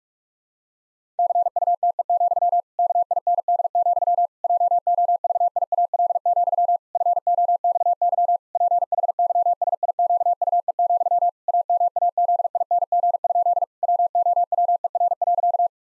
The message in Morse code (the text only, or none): CUTE, KIND, JOVIAL, FOXY PHYSIQUE, AMAZING? WOWER.